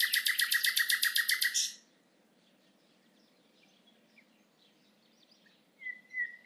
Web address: SETE data Luscinia megarhynchos